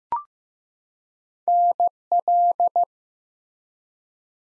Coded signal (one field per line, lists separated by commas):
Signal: Morse code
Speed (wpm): 15 wpm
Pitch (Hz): 700 Hz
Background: none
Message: NL